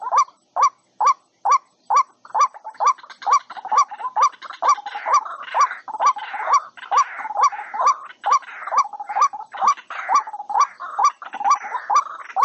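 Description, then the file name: White-breasted waterhen calls, nasal croaking notes repeated about twice a second, with rougher overlapping calls through most. Calling to its flock. "Tieng quoc goi bay"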